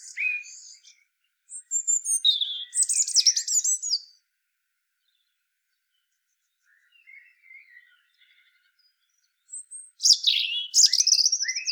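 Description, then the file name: European robin song, rich high twittering phrases with slurred notes, a long quiet gap with faint soft warbling, then another loud phrase. "Erithacus rubecula"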